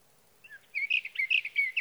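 Sage thrasher song, a couple of soft notes followed by an energetic run of rapid, varied warbling phrases.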